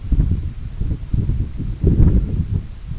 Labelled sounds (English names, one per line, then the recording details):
none
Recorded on Arctic tundra, site EABA-1, on 21 June 2018
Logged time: 02:00